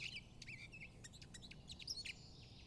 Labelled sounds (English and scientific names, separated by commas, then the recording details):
Eurasian Blackcap (Sylvia atricapilla)
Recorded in Germany
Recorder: ecoPi